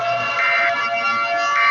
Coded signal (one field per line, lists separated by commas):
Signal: Emergency Alert System (SAME) tones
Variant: end-of-message bursts